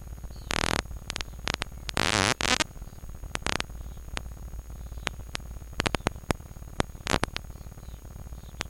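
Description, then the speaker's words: Harbour porpoise echolocation clicks, heard as a dry crackle of sharp ticks and dense rapid bursts over a steady low hum. Porpoises hunting; clicks come from the head and locate fish by their echoes; recording processed so the clicks can be heard; they sound like a crackle. "Och så här låter det då när tumlare jagar."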